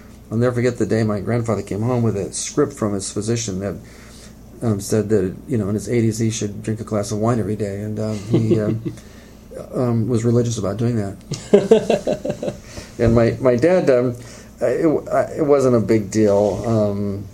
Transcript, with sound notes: I'll never forget the day my grandfather came home with a script from his physician that said that, in his eighties, he should drink a glass of wine everyday. He was religious about doing [laughs] My dad, it wasn't a big deal.